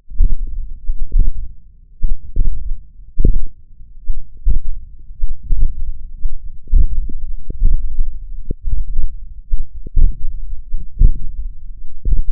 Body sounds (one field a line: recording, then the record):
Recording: forearm muscle sounds (acoustic myography)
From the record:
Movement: hook grip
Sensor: system 1, eight BSWA MPA416 microphones around the upper forearm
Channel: 8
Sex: male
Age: 20 years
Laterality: left